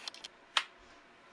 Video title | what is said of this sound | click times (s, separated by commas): My Movie feb 9 swsd9ve teddys gun shop | you can hear it click in place. | 0.6 s